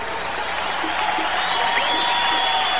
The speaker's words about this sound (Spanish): Quiero llamar a un gran amigo que anda por aquí, …. Vamos a darle un aplauso a uno de los mejores compositores del Caribe, si no el mejor, don ….